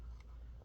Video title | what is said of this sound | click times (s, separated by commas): Dell Inspiron 15 3535 Disassembly RAM SSD Hard Drive Upgrade Battery LCD Screen Replacement Repair | pinch the whole thing in you can hear it click | 0.2 s